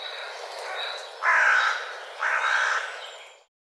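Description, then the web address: Bird calls: two drawn-out, harsh notes about a second apart, rising above a steady noisy background. "cianscape birddata Deverinetal"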